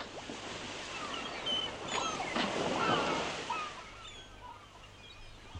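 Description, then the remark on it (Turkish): Broad surf noise of sea waves around a chartered ship off Crimea rolls and swells, peaking in the middle before easing back, with faint wind and a few thin bird cries above the wash. “Günlerce süren yolculuktan sonra Kırım'a gelip Rusya'yı deniz yoluyla terk etmek isteyen 8 kişiyle birleşerek bir gemi kiraladılar.”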